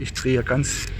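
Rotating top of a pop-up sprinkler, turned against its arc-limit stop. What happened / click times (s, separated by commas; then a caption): No seating click yet; only a person talking while handling the part / none. A man talks while turning the rotating top of a plastic pop-up lawn sprinkler toward its stop to set the right-hand arc limit. The clip ends before the top reaches its end stop, so nothing has clicked or seated yet.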